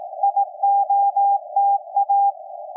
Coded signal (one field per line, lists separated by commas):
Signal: Morse code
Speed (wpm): 18 wpm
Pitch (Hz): 800 Hz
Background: none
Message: IOTA